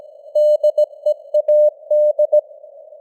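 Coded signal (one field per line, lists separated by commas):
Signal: Morse code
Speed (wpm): 17 wpm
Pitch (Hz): 600 Hz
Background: none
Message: DEAD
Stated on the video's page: News headlines in Morse at 17 wpm with simulated radio noise and fading (QSB).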